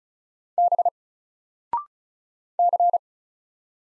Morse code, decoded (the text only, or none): B C